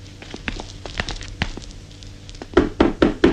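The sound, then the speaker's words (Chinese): Young actors of the Angel (安琪儿) theatre troupe knock on a door, asking to be let in: scattered light taps at first, then four loud, heavy knocks in a quick, steady rhythm at the end. No voices are heard. “开开门，请开开门。”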